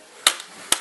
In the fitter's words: all that's required pops the bezel back on and gets you all set up for